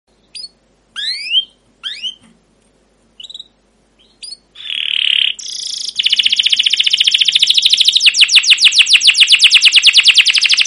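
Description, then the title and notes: Canary song starting with scattered short rising whistles and a brief buzzy note, then breaking into a sustained, very rapid, even trill of repeated notes. Canary song used as a lure and tutor for teaching young canaries, with long continuous chirping. "CUIT CUIT NGEROL LANGSUNG GACOR PANJANG Kenari Ini AMPUH Utk Pancingan KENAR. PANCINGAN Kenari GACOR PANJANG Cuit CUIT EMOSI ini AMPUH utk MASTERAN Kenari PAUD belajar BUNYI. burung kenari"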